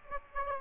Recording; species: mosquito wingbeat signal from an infrared sensor; Aedes aegypti